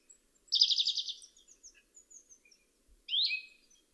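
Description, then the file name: European greenfinch call series: a fast pulsing buzzy trill, then faint high ticks and a short slurred note. "Chloris chloris"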